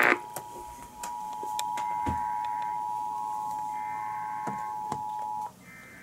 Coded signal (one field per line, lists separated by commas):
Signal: Emergency Alert System (SAME) tones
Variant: 853 and 960 Hz attention tone